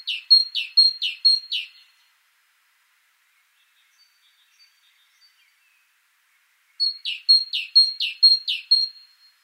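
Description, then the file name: Great tit giving two bursts of repeated two-note phrases, high whistle then buzzy lower note, separated by several seconds of near silence. "Parus major"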